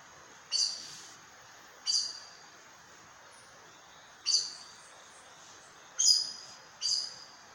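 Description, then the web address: Aracari uttering five sharp, high-pitched squeaks, unevenly spaced, over a low background hiss. "sound Aracari. دانلود-صدای-پرنده-پرزبان"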